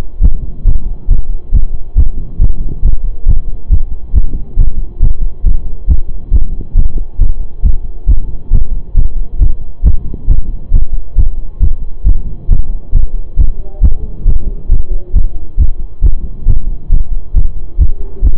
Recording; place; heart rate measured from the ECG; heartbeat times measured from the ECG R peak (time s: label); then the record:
heart sounds by stethoscope; between the tricuspid and mitral areas; 137 bpm
0.22 s: heartbeat
0.66 s: heartbeat
1.09 s: heartbeat
1.53 s: heartbeat
1.96 s: heartbeat
2.40 s: heartbeat
2.83 s: heartbeat
3.27 s: heartbeat
3.71 s: heartbeat
4.14 s: heartbeat
4.57 s: heartbeat
5.01 s: heartbeat
5.45 s: heartbeat
5.88 s: heartbeat
6.32 s: heartbeat
6.76 s: heartbeat
7.20 s: heartbeat
7.63 s: heartbeat
8.08 s: heartbeat
8.51 s: heartbeat
8.95 s: heartbeat
9.40 s: heartbeat
9.84 s: heartbeat
10.28 s: heartbeat
10.72 s: heartbeat
11.16 s: heartbeat
11.61 s: heartbeat
12.05 s: heartbeat
12.49 s: heartbeat
12.93 s: heartbeat
13.38 s: heartbeat
13.82 s: heartbeat
14.26 s: heartbeat
14.70 s: heartbeat
15.14 s: heartbeat
15.58 s: heartbeat
16.03 s: heartbeat
16.46 s: heartbeat
16.90 s: heartbeat
17.35 s: heartbeat
17.79 s: heartbeat
18.23 s: heartbeat
From the record:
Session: pedaling a stationary bicycle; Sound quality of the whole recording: saturated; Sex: male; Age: 25 years